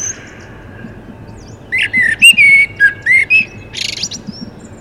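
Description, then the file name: Common blackbird singing one phrase of mellow, warbled whistles that ends in a buzzy, scratchy high flourish, with faint background hiss. "Turdus merula"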